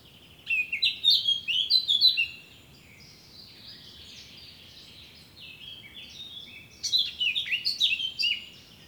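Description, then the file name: Eurasian blackcap singing two quick, chattering warbled phrases, each of bright, varied high notes, with softer bird twitter in between. "Sylvia atricapilla"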